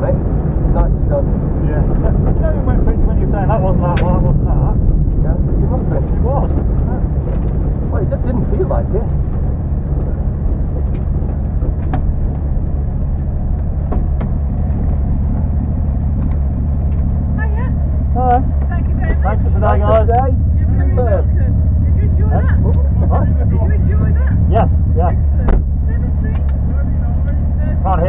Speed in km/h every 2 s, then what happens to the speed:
64, 64, 53, 39, 26, 16, 11, 10, 0, 0, 0, 0, 0, 0.
3-16 brakes to 0. 16-28 standing.